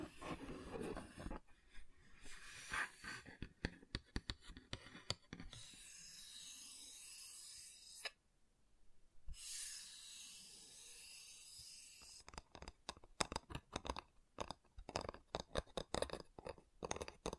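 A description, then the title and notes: Wood triggers: a run of sharp tapping and scratching clicks, dense and irregular, opens the clip and returns after about 12 seconds. Between them comes a steady brushing hiss, broken by a quiet gap near 8 seconds and a single tap. ASMR Calming Wood Triggers for Sleep (No Talking).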